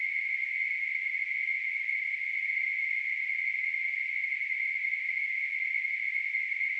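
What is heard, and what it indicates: A steady, unbroken hiss sits in a narrow band around the middle-high pitch range, with no low sound and no change in loudness. It is a simulated tinnitus sound, a narrow-band noise imitating the constant ringing or hissing some people hear in their ears.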